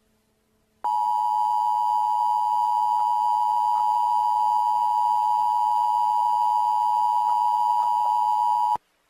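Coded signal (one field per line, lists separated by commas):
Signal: Emergency Alert System (SAME) tones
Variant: 853 and 960 Hz attention tone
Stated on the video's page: Fictional EAS scenario.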